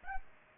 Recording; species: mosquito wingbeat signal from an infrared sensor; Culex pipiens